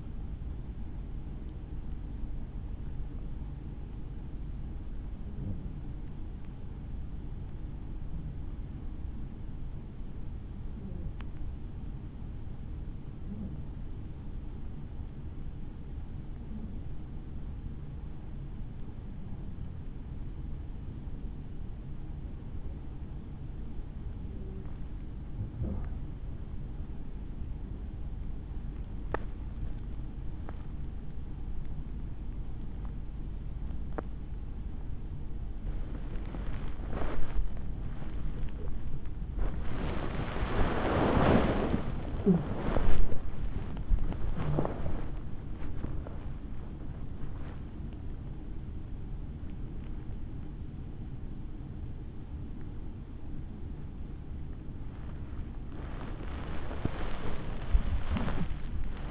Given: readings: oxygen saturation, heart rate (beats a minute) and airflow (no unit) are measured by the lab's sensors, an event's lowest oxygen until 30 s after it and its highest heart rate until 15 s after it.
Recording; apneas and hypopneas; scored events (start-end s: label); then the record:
a person awake in a sleep study, by a smartphone at the bedside; 1
3.00-28.70 s: hypopnea (N2, oxygen 95% highest, then 92% lowest, heart rate 55 at the start, 70 highest)
12.00-59.11 s: new sleep stage, awake
13.00-59.11 s: awake
From the record:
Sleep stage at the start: N2 (light sleep); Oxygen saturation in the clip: 92 to 95%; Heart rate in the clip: 51 to 76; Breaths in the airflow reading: 19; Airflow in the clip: -13.2 to 12.4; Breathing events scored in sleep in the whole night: 216 in 7.0 hours asleep